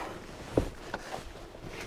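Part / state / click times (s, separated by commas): child car seat into car seat anchorage / not seated / none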